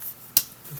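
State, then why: Seated. A plastic bar or track piece on the second side of a LEGO City 2024 Yellow Construction Excavator 60420 is swung down and pressed under a stud. A single sharp, bright snap is heard at 0.4 s against quiet background. The part snaps into place in the excavator assembly.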